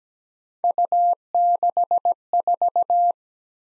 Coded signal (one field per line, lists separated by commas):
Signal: Morse code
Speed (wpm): 17 wpm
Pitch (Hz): 700 Hz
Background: none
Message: U64